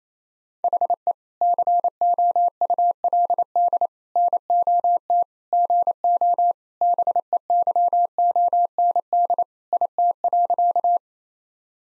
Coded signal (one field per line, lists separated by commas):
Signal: Morse code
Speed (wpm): 28 wpm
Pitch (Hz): 700 Hz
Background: none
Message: HE COULD NOT GO BEYOND IT.